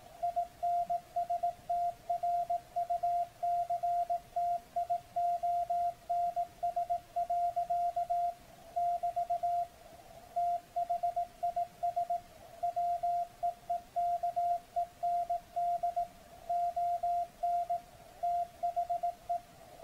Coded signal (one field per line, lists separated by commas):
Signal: Morse code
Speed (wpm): 17 wpm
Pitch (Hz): 700 Hz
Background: radio noise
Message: INSTRUCTIONS. <BT> THIS WEEKEND ON THE